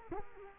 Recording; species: mosquito wingbeat signal from an infrared sensor; Culex quinquefasciatus